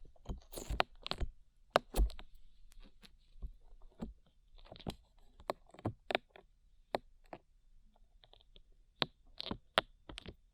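Slime being squished and pressed, giving a stream of sharp, wet pops and clicks at an uneven pace, sometimes in quick clusters, sometimes a second apart. The snaps are bright and crisp, set against a very quiet low background hum.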